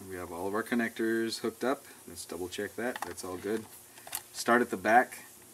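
A plastic bottom cover is handled as it is reinstalled on a Dell Mini netbook, starting at the back edge, while someone talks throughout. The cover is not yet home, and nothing has seated or clicked yet.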